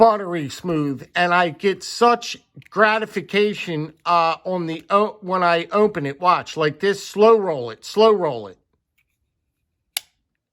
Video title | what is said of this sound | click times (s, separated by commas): How about we talk Coldsteel knives!!!!!! Let’s take a look at my collection 😀 | and you hear it lock up it's fantastic | 10.0 s